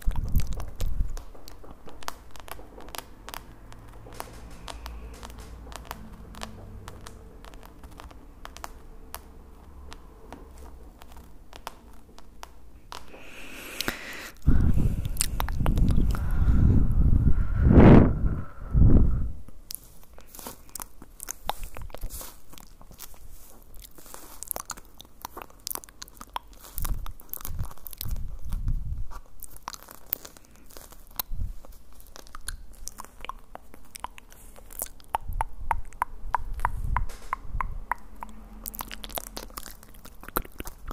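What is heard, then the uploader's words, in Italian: Soft mouth sounds: wet clicks, crunches and chewing-like smacks that come in irregular clusters throughout. Around fifteen to nineteen seconds a louder, deeper rumbling burst dominates, then the light crackly clicking resumes, sparser at times and busier near the end. ASMR mouth sounds triggers pulizia energetica. Mouth sounds rilassanti.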